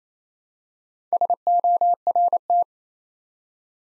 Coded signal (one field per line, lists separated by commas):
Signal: Morse code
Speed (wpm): 27 wpm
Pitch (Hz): 700 Hz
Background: none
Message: SORT